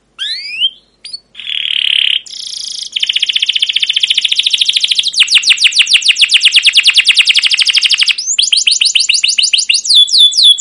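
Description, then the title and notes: Canary singing varied phrases: rising whistles, a buzzy sustained trill, long rapid rattling series of sweeping notes, then quick high chirps. Caged canary; song recording used as a lure and tutor so young canaries learn to sing; long continuous 'cuit cuit' chirping style called 'ngerol' and 'gacor'. "CUIT CUIT NGEROL LANGSUNG GACOR PANJANG Kenari Ini AMPUH Utk Pancingan KENAR. PANCINGAN Kenari GACOR PANJANG Cuit CUIT EMOSI ini AMPUH utk MASTERAN Kenari PAUD belajar BUNYI. burung kenari"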